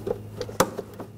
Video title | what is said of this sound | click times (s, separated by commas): How to Replace Coolant Temperature Sensor 2013-2019 Ford Escape 2.0L L4 | it snaps in place | 0.6 s